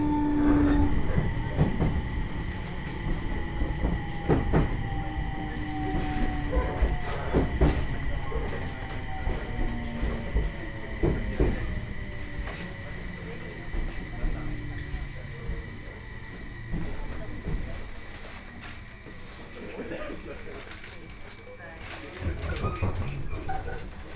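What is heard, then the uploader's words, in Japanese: A Joban Line train ride toward Hamayoshida: steady low rumble and rattling wheels, a sustained whine, scattered clicks, and faint speech throughout. 鉄道旅 常磐線 仙台→浜吉田。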